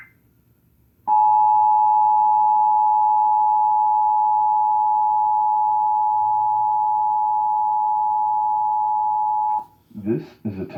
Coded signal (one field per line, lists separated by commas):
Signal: Emergency Alert System (SAME) tones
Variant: 853 and 960 Hz attention tone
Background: speech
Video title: WEA/EAS National Test October 3rd, 2018